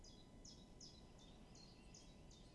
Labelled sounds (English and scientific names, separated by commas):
Common Chiffchaff (Phylloscopus collybita)